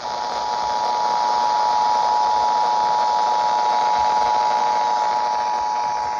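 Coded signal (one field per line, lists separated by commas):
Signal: Emergency Alert System (SAME) tones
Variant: 853 and 960 Hz attention tone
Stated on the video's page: EAS monthly test received at night from Utah.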